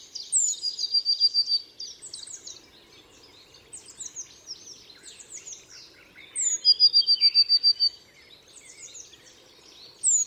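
Bird song: two bouts of a high note and fast trill, near the start and near six and a half seconds, with lively chirping from other birds between.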